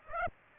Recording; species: mosquito wingbeat signal from an infrared sensor; Aedes aegypti